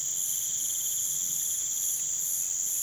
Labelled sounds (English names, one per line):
none